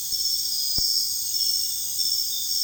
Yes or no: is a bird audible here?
no